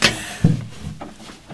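A door opens: a sharp latch click, then a low, solid thud half a second later, followed by faint rumbling movement and a soft knock at the end.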